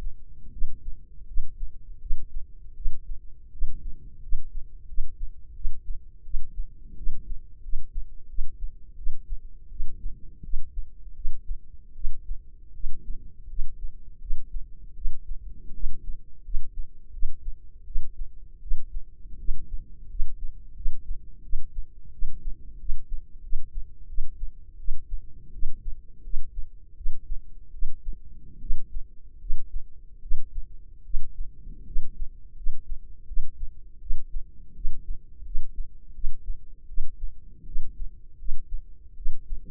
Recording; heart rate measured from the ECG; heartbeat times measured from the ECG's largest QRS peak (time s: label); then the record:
heart sounds by microphone in the left ear; 82 bpm
0.51 s: heartbeat
1.26 s: heartbeat
2.00 s: heartbeat
2.75 s: heartbeat
3.51 s: heartbeat
4.21 s: heartbeat
4.87 s: heartbeat
5.54 s: heartbeat
6.23 s: heartbeat
6.96 s: heartbeat
7.61 s: heartbeat
8.27 s: heartbeat
8.96 s: heartbeat
9.69 s: heartbeat
10.42 s: heartbeat
11.14 s: heartbeat
11.94 s: heartbeat
12.73 s: heartbeat
13.48 s: heartbeat
14.19 s: heartbeat
14.94 s: heartbeat
15.73 s: heartbeat
16.43 s: heartbeat
17.11 s: heartbeat
17.85 s: heartbeat
18.60 s: heartbeat
19.37 s: heartbeat
20.08 s: heartbeat
20.74 s: heartbeat
21.42 s: heartbeat
22.11 s: heartbeat
22.78 s: heartbeat
23.41 s: heartbeat
24.07 s: heartbeat
24.77 s: heartbeat
25.52 s: heartbeat
26.22 s: heartbeat
26.95 s: heartbeat
27.71 s: heartbeat
28.59 s: heartbeat
29.39 s: heartbeat
30.20 s: heartbeat
31.03 s: heartbeat
31.85 s: heartbeat
32.55 s: heartbeat
33.26 s: heartbeat
33.99 s: heartbeat
34.74 s: heartbeat
35.43 s: heartbeat
36.13 s: heartbeat
36.87 s: heartbeat
37.65 s: heartbeat
38.37 s: heartbeat
39.15 s: heartbeat
From the record:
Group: healthy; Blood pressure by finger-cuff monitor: 100/56 mmHg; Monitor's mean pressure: 70 mmHg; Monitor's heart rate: 82 bpm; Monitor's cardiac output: 7.3 L/min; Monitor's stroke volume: 88 mL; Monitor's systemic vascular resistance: 690 dyn s/cm5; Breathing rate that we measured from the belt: 20 breaths a minute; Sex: female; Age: 22 years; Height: 157 cm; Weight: 47.6 kg